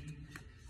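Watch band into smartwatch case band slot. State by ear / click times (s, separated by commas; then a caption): seated / 0.4 s. A small/medium band is slid into the band slot on an Apple Watch 6 case until it locks. Over a low, steady rustling background, a short, sharp click sounds at about 0.4 seconds. The band seats in the watch body.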